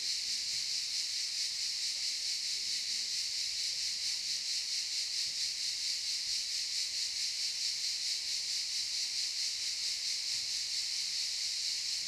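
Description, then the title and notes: Cicadas in a continuous shrill buzzing chorus, pulsing quickly and evenly from start to finish. Cicadas in the pine forest of a campsite at Albinia, Grosseto, Tuscany, Italy. "Camping Africa, Via Aurelia, Albinia, Grosseto, Toscana, 58015, Italia - Cicale nel campeggio. Cicale nella pineta del campeggio. Cicadas in the pine forest of the campsite"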